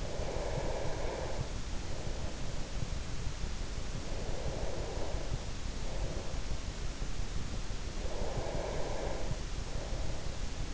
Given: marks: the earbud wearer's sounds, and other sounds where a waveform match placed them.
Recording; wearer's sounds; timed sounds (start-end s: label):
sounds in sleep by an in-ear microphone; breath
0.00-2.98 s: breath
4.23-6.90 s: breath
8.09-10.73 s: breath